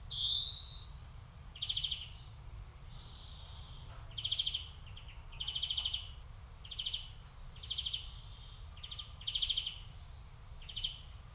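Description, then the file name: European greenfinch: one loud rising wheeze followed by a series of short buzzy trilled bursts repeated every second or so, steady low background noise. "Chloris chloris"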